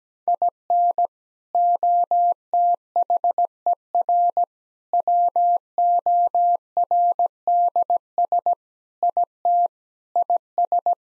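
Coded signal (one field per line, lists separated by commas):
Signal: Morse code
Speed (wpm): 17 wpm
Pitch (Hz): 700 Hz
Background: none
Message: IN OTHER WORDS IT IS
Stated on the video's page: Morse practice at 17 wpm: sentences with common three-word phrases, first words spoken, each sentence sent, spoken, then sent again.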